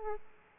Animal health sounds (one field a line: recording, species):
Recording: mosquito wingbeat signal from an infrared sensor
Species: Aedes aegypti